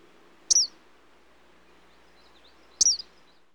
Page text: Eastern Kingbird Calls. Quick Sounds